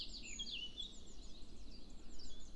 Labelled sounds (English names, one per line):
Common Chiffchaff